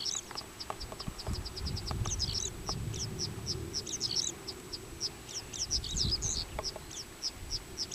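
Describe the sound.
Goldfinch singing fast, high-pitched chittering notes, some grouped into tight twittery bursts, against a faint low hum.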